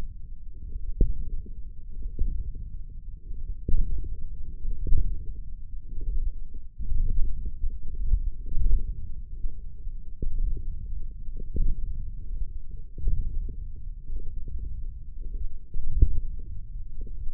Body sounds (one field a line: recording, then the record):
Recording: forearm muscle sounds (acoustic myography)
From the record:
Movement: radial deviation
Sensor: system 1, eight BSWA MPA416 microphones around the upper forearm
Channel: 5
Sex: male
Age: 28 years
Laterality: right